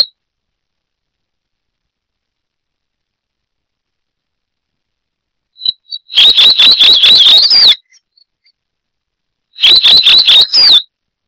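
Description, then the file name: Masked gnatcatcher calling in two bursts of rapid, buzzy, high notes, several in a row, each series ending in a slight rise, separated by silence. "Polioptila dumicola - Tacuarita azul"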